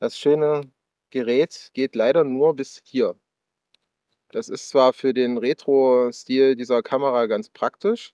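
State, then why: Seated. The hinged rear display on a Fuji X-Pro 3 mirrorless camera body is folded down to its furthest position. It snaps into its end detent with a short, quiet tick at 3.8 s and locks in place. Someone talks before and after.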